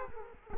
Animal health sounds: mosquito wingbeat signal from an infrared sensor; Culex quinquefasciatus

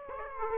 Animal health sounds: mosquito wingbeat signal from an infrared sensor; Aedes aegypti

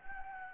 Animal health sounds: mosquito wingbeat signal from an infrared sensor; Anopheles gambiae

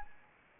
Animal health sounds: mosquito wingbeat signal from an infrared sensor; Anopheles arabiensis

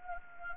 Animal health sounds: mosquito wingbeat signal from an infrared sensor; Anopheles gambiae

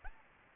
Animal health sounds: mosquito wingbeat signal from an infrared sensor; Anopheles gambiae

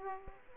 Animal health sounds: mosquito wingbeat signal from an infrared sensor; Aedes aegypti

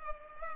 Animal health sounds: mosquito wingbeat signal from an infrared sensor; Culex pipiens

